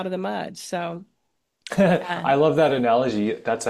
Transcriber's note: laughs